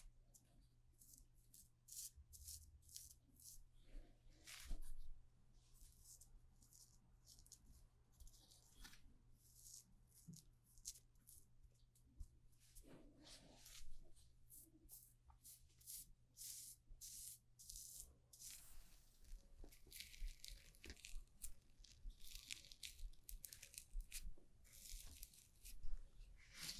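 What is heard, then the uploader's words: Haircut and shaving sounds: quick, irregular snips and scrapes come in dense bursts throughout, with brief hissing sprays around the middle and near the end. A steady low hum runs underneath the whole time, with occasional soft thumps and rustles. Haircut, Shaving, Shampoo & Massage.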